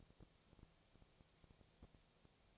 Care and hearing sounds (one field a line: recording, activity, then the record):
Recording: daily activity, microphone in the room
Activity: no activity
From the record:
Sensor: 1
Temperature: 19.8 degrees Celsius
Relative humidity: 37.9%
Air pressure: 998.8 hPa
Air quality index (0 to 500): 232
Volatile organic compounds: 132 ppm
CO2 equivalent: 3938 ppm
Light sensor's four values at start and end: 1/2/1/1 and 1/2/1/1